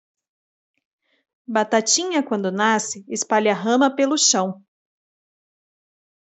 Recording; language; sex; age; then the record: short text; Brazilian Portuguese; female; 30 to 39 years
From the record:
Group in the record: control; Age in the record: 37 years